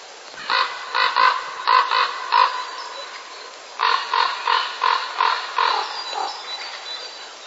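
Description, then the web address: Common raven giving harsh, hoarse croaks in two bursts of several calls each, over a faint background hiss. Breeding-season calling of a raven. "wroblowe ptaki krucze gody. wroblowe ptaki kruk"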